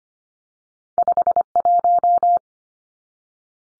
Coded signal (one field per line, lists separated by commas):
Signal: Morse code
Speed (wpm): 25 wpm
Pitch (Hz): 700 Hz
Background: none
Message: 51